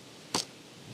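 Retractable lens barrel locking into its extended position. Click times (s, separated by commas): 0.4 s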